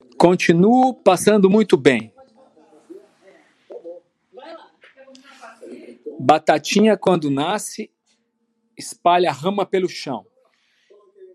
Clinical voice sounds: short text; Brazilian Portuguese; male; 50 to 59 years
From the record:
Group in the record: control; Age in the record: 55 years

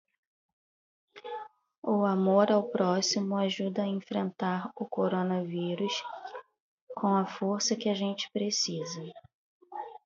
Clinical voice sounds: spoken sentence; Brazilian Portuguese; female; 30 to 39 years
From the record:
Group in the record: control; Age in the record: 37 years

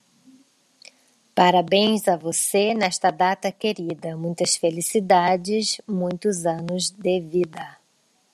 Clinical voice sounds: short text; Brazilian Portuguese; female; 40 to 49 years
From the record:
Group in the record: control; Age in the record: 48 years

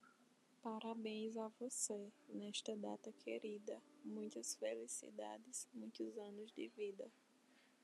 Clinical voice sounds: short text; Brazilian Portuguese; female; 20 to 29 years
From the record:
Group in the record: control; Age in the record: 26 years

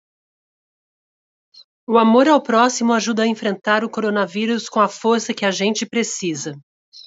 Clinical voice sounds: spoken sentence; Brazilian Portuguese; female; 40 to 49 years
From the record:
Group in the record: control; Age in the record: 45 years

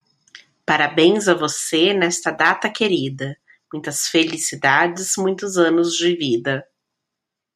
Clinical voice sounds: short text; Brazilian Portuguese; female; 30 to 39 years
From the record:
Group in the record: control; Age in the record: 36 years

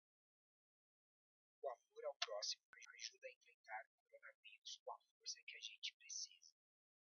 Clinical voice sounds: spoken sentence; Brazilian Portuguese; male; 40 to 49 years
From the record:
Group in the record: control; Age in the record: 41 years

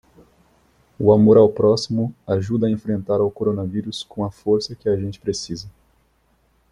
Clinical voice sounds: spoken sentence; Brazilian Portuguese; male; 20 to 29 years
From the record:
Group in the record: control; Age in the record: 27 years

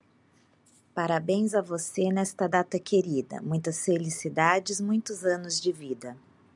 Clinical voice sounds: short text; Brazilian Portuguese; female; 40 to 49 years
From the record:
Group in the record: control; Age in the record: 41 years

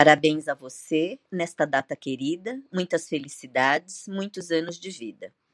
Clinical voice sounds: short text; Brazilian Portuguese; female; 50 to 59 years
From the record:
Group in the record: control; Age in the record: 56 years

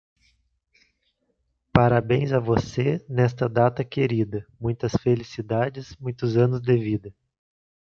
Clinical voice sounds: short text; Brazilian Portuguese; female; 30 to 39 years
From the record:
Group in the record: control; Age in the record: 37 years

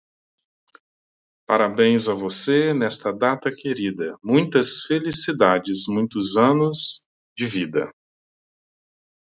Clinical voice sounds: short text; Brazilian Portuguese; male; 40 to 49 years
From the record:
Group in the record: control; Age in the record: 41 years

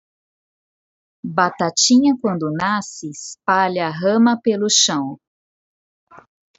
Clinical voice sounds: short text; Brazilian Portuguese; female; 40 to 49 years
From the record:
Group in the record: control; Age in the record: 41 years

